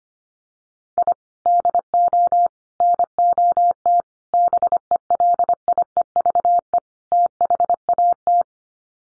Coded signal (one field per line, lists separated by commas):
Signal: Morse code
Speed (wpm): 25 wpm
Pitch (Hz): 700 Hz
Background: none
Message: I DO NOT BELIEVE THAT